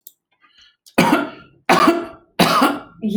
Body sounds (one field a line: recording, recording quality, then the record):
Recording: shallow voluntary cough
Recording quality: excellent, no background noise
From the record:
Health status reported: healthy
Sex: male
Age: 35 years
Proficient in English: yes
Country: India